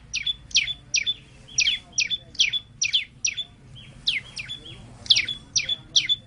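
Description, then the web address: White-eye song: clear high chirps, each dropping in pitch and ending in a short level whistle, repeated two to three times a second. The white-eye's flock-calling song (gọi bầy). "tieng chim sau xanh hot goi bay"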